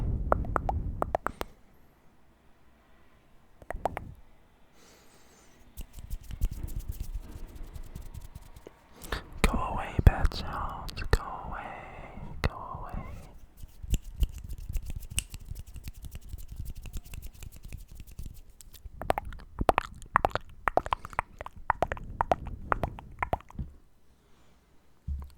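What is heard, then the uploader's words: Close, wet mouth sounds and nibbling right at the ear, with soft smacks, clicks and plops scattered across the clip. Dense, busy stretches around 4–13 seconds and again near 19–22 seconds alternate with quieter pauses, over a low, rumbling background. YOUR ear nibbles & mouth sounds ASMR.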